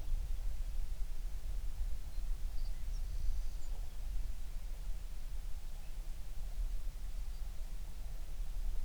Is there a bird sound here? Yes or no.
yes